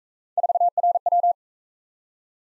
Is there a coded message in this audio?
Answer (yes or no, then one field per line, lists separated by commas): yes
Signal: Morse code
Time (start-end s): 0.4-1.3 s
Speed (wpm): 37 wpm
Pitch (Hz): 700 Hz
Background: none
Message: 4RW